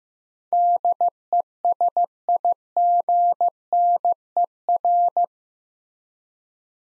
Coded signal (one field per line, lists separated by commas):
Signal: Morse code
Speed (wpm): 15 wpm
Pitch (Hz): 700 Hz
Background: none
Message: DESIGNER